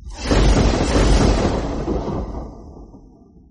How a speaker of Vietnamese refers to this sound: Hai tiếng sét đánh giữa trời quang, hai đạo kim hồ lớn cỡ miệng chén bắn ra, chớp động một cái hóa thành một con lôi giao long dài mấy trăm trượng bổ nhào tới khắp nơi trong vườn hoa.